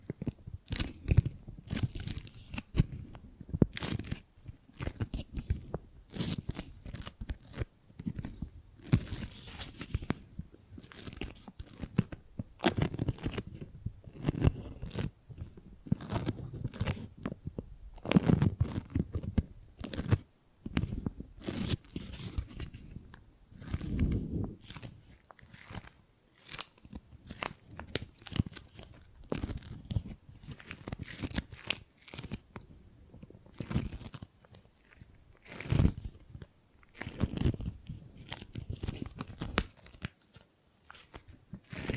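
Gripping and grabbing sounds: dense, irregular crunchy handling clicks and rustles, some heavier low thumps, continuing unevenly throughout without pause.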